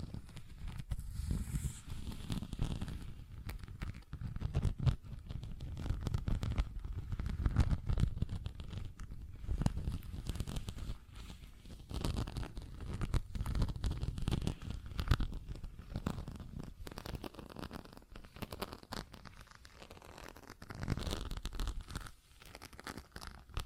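Tapping and scratching fill the whole stretch as a busy, irregular stream of short dry clicks and rasps over a deep rumbling layer. Louder crinkly bursts come around 5, 8 and 14 seconds, with a brief quieter dip near 20 seconds before the scratching picks up again.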